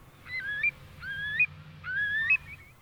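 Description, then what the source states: Eurasian curlew calling: three clear, rising whistled notes in quick succession. Estuary bird; wintering birds feed on estuaries and may migrate back to breed in Iceland, Greenland or Northern Europe.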